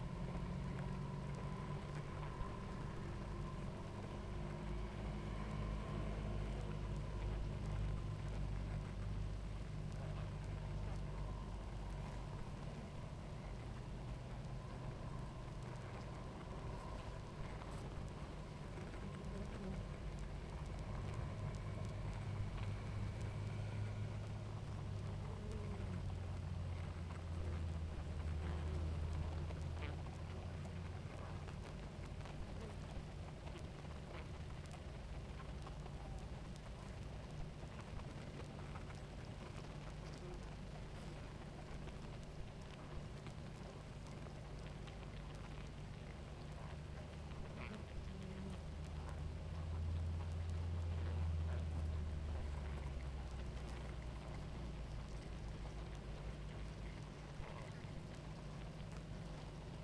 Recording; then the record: honeybee colony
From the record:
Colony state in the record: active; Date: 28 July 2017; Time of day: 18:07